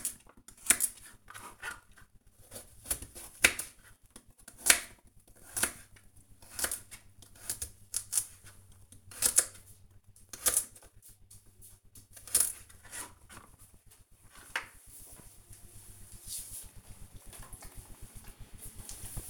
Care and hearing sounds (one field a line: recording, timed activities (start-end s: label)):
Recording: household activities, microphone on the right wrist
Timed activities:
0.00-16.71 s: cutting vegetables